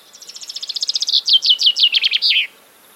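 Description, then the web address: Common chaffinch song: a rapid high trill that slows into louder descending phrases and ends with a quick downward flourish, lasting about two and a half seconds. "Deverinetal 2025 File origin Bird Only Fr Co"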